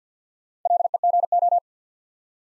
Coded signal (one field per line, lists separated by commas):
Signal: Morse code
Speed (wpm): 50 wpm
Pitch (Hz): 700 Hz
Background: none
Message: LEGO